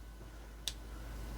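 A plastic side panel on a Transformers Takara Tomy Beast Wars Premium Finish Rattrap figure is pressed closed onto the side of the figure's body. After a quiet low hum, one loud, crisp, very short snap sounds at 0.7 s. The panel has clicked shut and is seated.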